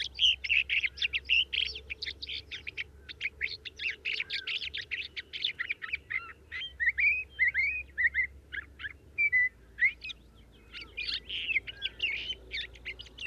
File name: Thrasher Sage 4 songs